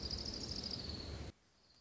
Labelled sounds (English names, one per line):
Orange-crowned Warbler